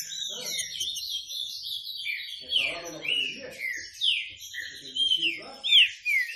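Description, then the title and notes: Green-winged saltator whistling drawn-out, slurred notes over a noisy, hissing background. Classic song style (canto clássico) of the trinca-ferro, presented as a training recording. "Canto Clássico Trinca Ferro TREINAMENTO. trinca fero"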